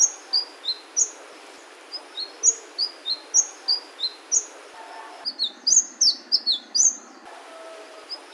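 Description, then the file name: Sunbird song: high descending whistled notes repeated in a steady pattern, then a burst of faster, jumbled sharp chirps near the end. "suara kicauan burung madu matari. omkicau"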